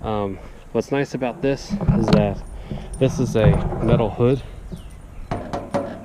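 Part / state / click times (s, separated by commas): tractor hood into its magnetic snap latch / seated / 5.3 s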